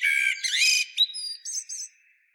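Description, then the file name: Common blackbird: loud, strident harsh notes followed by a few thin, high, short twitters that fade out. "Turdus merula"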